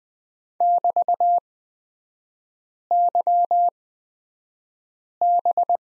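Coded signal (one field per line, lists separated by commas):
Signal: Morse code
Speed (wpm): 20 wpm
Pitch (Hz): 700 Hz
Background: none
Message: <BT>YB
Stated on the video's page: Morse lesson on the prosign BT at Farnsworth speed 20/10 wpm.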